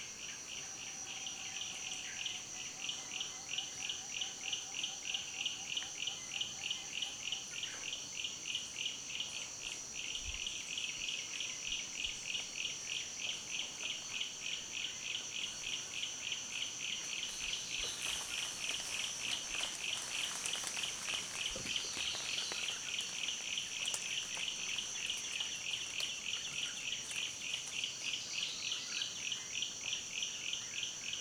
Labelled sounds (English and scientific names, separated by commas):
Masked Apalis (Apalis binotata)